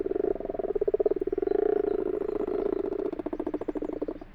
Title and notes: Ca roucoule dans le lavoir. 21 février 2020-12h45-Fourcinet - Drôme - Nagra LB - binaural. roucouler les Grenouilles rousses (Rana temporia)